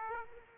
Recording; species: mosquito wingbeat signal from an infrared sensor; Aedes aegypti